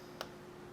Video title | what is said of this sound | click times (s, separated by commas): iphone 4 screen installation | can hear them click I'm sure if you can hear that or not | 0.2 s